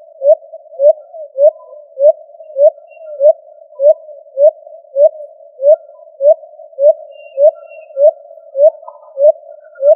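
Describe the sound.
Pigeon call: a low, soft, upslurred note repeated steadily about every 0.6 seconds, many times in an even run, with nothing else clearly heard.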